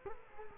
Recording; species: mosquito wingbeat signal from an infrared sensor; Culex quinquefasciatus